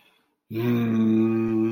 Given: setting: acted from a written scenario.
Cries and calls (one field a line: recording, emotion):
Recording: vocal sound without words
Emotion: serenity